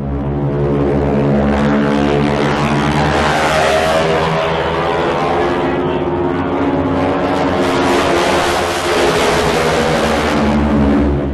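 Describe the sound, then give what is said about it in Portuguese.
The propeller engine of a T-6 airplane roars through a dive, its propeller tips going supersonic, a loud, unbroken drone with a deep layered harmonic hum and a harsh buzzing rasp on top, holding steady throughout with no voices. “Aí depois pode colocar na edição aí o barulho do motor do T-6 no mergulho.”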